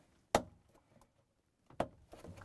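The metal sensor tube of a Whirlpool/KitchenAid/Maytag refrigerator thermostat, WPW10511937, is bent and pressed into plastic retaining clips. It snaps in with sharp clicks at 0.4 s and 1.8 s, with faint handling noise between and after. The tube is seated in the clips.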